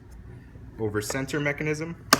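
A replacement rear-facing lock-off arm on a Foonf or Fllo child car seat base is handled as it is pushed toward closing over its over-center mechanism while someone talks. Nothing has seated or snapped shut yet.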